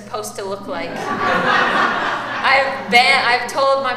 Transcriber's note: laughter